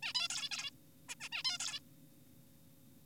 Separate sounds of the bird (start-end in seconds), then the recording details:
0.03-0.13, 0.15-0.28, 0.30-0.49, 0.52-0.71, 1.09-1.15, 1.21-1.29, 1.32-1.43, 1.45-1.58, 1.60-1.80. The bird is an adult. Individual g4p5U